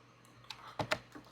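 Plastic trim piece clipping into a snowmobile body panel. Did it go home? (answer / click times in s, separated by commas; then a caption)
yes / 0.5 s, 0.8 s, 0.9 s. After a ZRP steering post is installed on a Polaris snowmobile, a plastic trim piece is pressed back onto the snowmobile body panel. Sharp plastic clicks sound at 0.5, 0.8 and 0.9 seconds as its clips pop into place, and the trim is seated.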